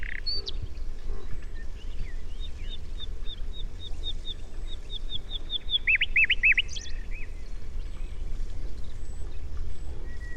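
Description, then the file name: Common nightingale song: a long series of soft, quick repeated notes, then a louder burst of sharp notes, then a pause and a faint final note. "Luscinia megarhynchos"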